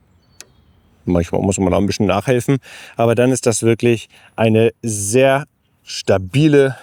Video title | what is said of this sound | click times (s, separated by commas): Dieses E-Bike stellt sich gegen den dümmsten Trend der Fahrradbranche - Bike 43 Mid | Und wenn die Kinder drauf sitzen, dann einfach wieder einschnappen. | 0.4 s